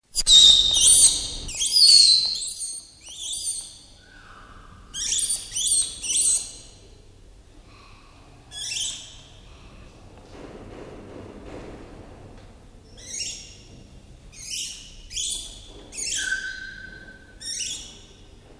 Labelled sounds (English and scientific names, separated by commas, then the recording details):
Northern Plains Gray Langur (Semnopithecus entellus) call
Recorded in captivity
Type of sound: call sequence
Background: Ateles spec
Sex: female
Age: adult
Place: Zoo Dresden, Sachsen, DE
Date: 1971-01-16
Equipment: Uher 4200 Report Stereo, z. T. mit Tesla-Verstärker, Sennheiser MD 421
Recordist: Tembrock, Günter
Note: Hulman oder Hanuman: Weibchen Lautfolgen. Siehe auch Aufnahme Nr. 4 und Nr. 13. auf S1303. Abstand ca. 2 m. Pfleger und Beobachter befinden sich im Wärtergang. Aufnahmen auf diesem Band von 9.30 - 11.30 Uhr